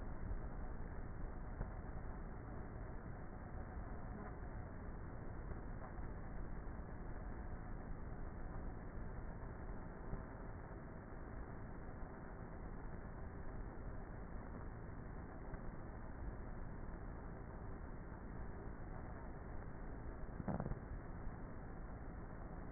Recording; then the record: honeybee colony, microphone inside the hive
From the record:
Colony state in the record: queenless with a low population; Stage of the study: before two queens were removed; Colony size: about 30,000 bees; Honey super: no